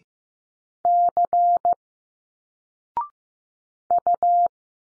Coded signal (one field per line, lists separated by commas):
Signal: Morse code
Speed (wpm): 15 wpm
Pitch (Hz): 700 Hz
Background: none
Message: C U